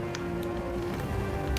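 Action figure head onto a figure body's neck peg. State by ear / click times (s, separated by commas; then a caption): not seated / none. A plastic Mafex Bruce Wayne head is pushed onto the neck peg of a CT Toys figure body of a different brand. Over a steady low background tone, two short sharp handling noises are heard at about 0.1 s and 1.6 s, but nothing clicks. The head goes on and holds only by pressure, not seated.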